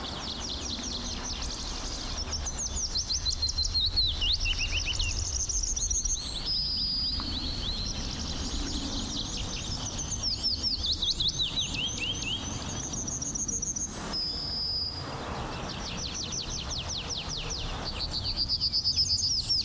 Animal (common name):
Yellowhammer